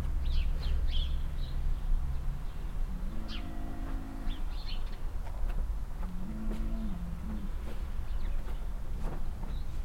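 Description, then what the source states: Cow mooing, two drawn-out low harmonic moos a few seconds apart, with birds chirping and a steady low traffic rumble throughout. Cow at a farmstead beside a willow in Heiderscheid, mooing constantly and loudly while moving behind a bush; other cows answer more quietly; cars on nearby street, chirping birds.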